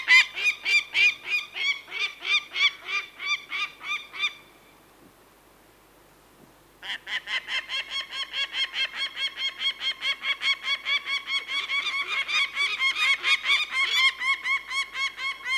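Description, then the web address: Peregrine falcon alarm calls: rapid rasping cackles, a silent gap of about two and a half seconds, then a denser stretch of calling. Male and female peregrine falcons giving alarm calls in flight. "BBC Falcons"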